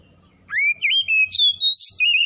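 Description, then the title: Oriental magpie-robin giving a clear whistled phrase that glides upward, then carries on in long, wavering notes broken by brief gaps. Called by the Indonesian name kacer; described as gacor, singing actively in full song; Tretes named alongside. "Kacer Tretes Gacor"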